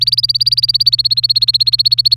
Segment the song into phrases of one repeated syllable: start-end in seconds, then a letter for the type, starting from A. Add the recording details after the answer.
0.00-2.15 A. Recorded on 27 April 2018 at 17:55. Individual llb3